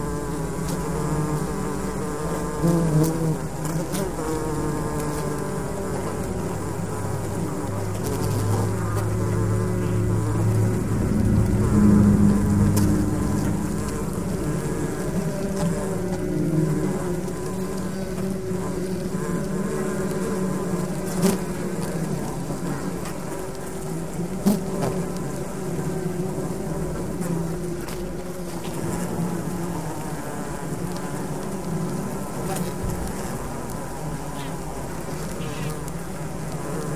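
Inside a beehive, a dense, steady low hum of many bees drones throughout, with a brief swell near twelve seconds and occasional faint clicks.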